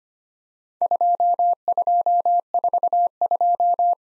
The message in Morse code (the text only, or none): 2242